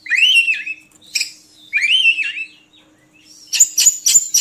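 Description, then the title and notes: Oriental magpie-robin singing a rich rising whistle twice, with a harsh note between them, then a burst of loud scratchy chatter at the end. Song for training birds to sing actively day and night. "Kacer Jadi Gacor Siang Malam. Isian Kacer Durasi Panjang"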